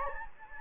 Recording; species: mosquito wingbeat signal from an infrared sensor; Anopheles gambiae